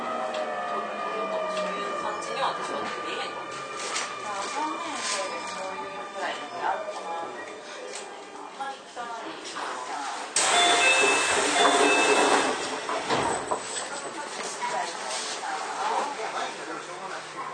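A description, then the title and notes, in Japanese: A ride aboard a Keio 9000 series train, with a steady rumble and clatter under sustained whining tones that shift in pitch as the motors work. Voices and brief chimes come through, and from about ten to thirteen seconds a louder rushing hiss swells before easing back. 京王9000系 高尾山口〜つつじヶ丘。快速つつじヶ丘行を録音。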